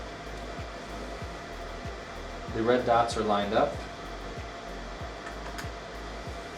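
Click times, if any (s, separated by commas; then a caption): 5.6 s. An applicator cord plug is lined up with the treatment device port by its red dots and pushed gently in over a steady whirring hum while someone talks briefly. A short, gentle click at 5.6 s marks the Evolve Tite applicator cord connector seating into place.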